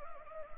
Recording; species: mosquito wingbeat signal from an infrared sensor; Anopheles arabiensis